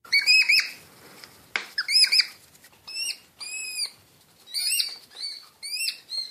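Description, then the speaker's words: European hedgehogs giving high, thin squeaky calls in short bursts of stacked notes, repeated irregularly, with brief quiet gaps between. Hedgehogs mating, played on the radio. "sådan lyder det, når pindsvin parer sig."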